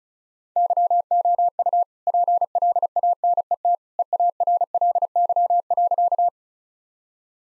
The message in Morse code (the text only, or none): YOU PLANET EARLY.